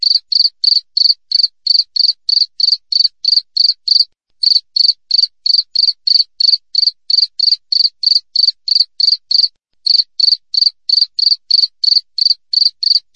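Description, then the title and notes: Cricket chirping: short, clean, high-pitched pulses about three per second, in a steady run broken by two brief pauses, with no other sounds. Clear wild cricket chirping with closely spaced pauses. "Jangkrik Alam Jernih, Jeda Rapat. suara jangkrik"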